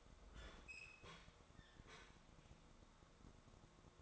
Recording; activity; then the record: daily activity, microphone in the room; open fridge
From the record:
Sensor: 3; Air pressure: 1004.6 hPa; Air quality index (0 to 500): 192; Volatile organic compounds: 13 ppm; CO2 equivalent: 2409 ppm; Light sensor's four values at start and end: 5/12/4/4 and 5/12/4/4